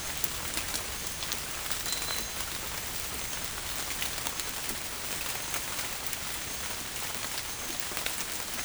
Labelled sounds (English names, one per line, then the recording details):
none
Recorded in dense forest near Puerto Asís, Putumayo, Colombia, on 27 June 2025 at 05:30
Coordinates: 0.503, -76.323
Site G059